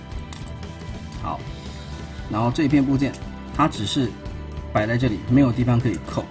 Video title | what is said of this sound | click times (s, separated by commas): 變形金剛分享時間 1727集 魔方 卡車男孩 Q版 柯博文 transformers Magic Square Toys MS G04 Truck Boy | 那這里的话就是有一个凸跟它的结合，把它给扣上去。好， | 0.3 s